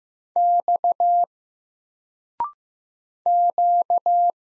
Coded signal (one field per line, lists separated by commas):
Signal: Morse code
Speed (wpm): 15 wpm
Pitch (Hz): 700 Hz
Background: none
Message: X Q